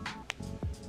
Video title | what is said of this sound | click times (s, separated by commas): Brakes and Rotors failing on a Camry 2016 | Hear the snap of the boot. | 0.3 s